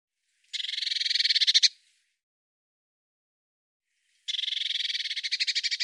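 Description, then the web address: Eurasian blue tit churring call: a buzzy, rapidly pulsed burst of about a second that swells in loudness, then a second burst near the end, with silence between. "Deverinetal"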